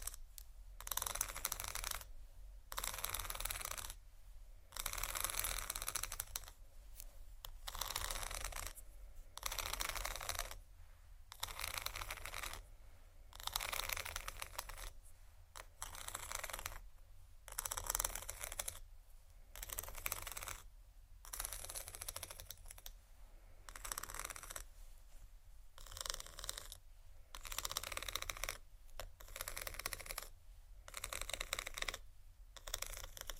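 Soft plastic crinkling and scratchy tapping come in dense bursts every second or two, separated by brief silent gaps, over a steady low hum.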